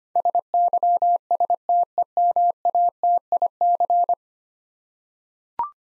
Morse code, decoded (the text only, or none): SYSTEMATIC